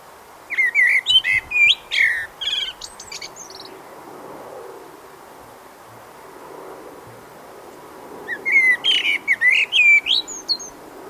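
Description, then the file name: Common blackbird song: two fluted warbling phrases with high squeaky endings, separated by several seconds of quiet background hiss. "Turdus merula"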